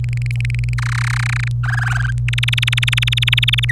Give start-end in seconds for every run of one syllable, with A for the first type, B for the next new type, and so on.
0.04-0.74 A, 0.78-1.48 B, 1.63-2.11 C, 2.28-3.71 D